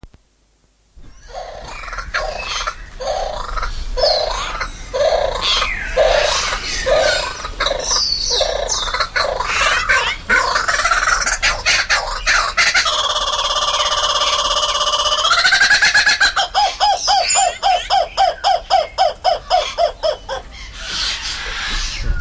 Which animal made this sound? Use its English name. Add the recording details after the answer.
Laughing Kookaburra. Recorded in captivity. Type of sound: call sequence. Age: adult. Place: Timmendorfer Strand, Holsteinische Schweiz, Schleswig-Holstein, DE. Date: 1992-09-21 16:40. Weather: sonnig, 22°C. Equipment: Marantz CP 430, Sennheiser ME 80, Kopie Tesla B 116. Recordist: Tembrock, Günter. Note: Vogelpark Niendorf; große Rufreihe (anderes Exemplar als in V 1868/9 und V 1869/26). Gute Aufnahmequalität